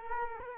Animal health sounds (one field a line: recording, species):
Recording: mosquito wingbeat signal from an infrared sensor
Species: Culex quinquefasciatus